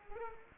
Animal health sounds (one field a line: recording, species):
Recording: mosquito wingbeat signal from an infrared sensor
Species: Culex quinquefasciatus